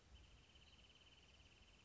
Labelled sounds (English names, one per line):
Wrentit